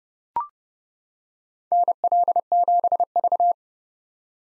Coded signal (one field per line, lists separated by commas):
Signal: Morse code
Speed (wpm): 32 wpm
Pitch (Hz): 700 Hz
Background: none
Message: NL7V